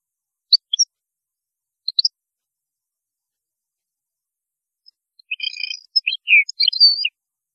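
European goldfinch song: a few isolated high chirps, then a quick jumble of liquid, tinkling notes near the end.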